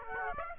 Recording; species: mosquito wingbeat signal from an infrared sensor; Aedes aegypti